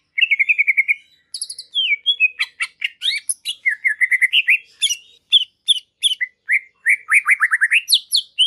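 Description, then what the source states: Greater green leafbird song, busy and jumbled, mixing short trilled runs, sharp clicks and upswept whistles in quick succession with only short gaps. Energetic 'gacor' singing; a tutor recording used to train and prompt captive birds to sing.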